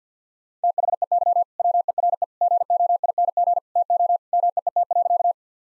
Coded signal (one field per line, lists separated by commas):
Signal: Morse code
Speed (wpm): 48 wpm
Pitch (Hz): 700 Hz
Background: none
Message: THEY WERE GOING TO MEET.